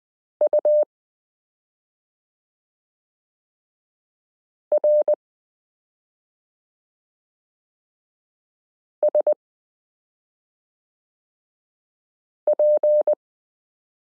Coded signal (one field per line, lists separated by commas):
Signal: Morse code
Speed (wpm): 20 wpm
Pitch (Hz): 600 Hz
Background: none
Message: URSP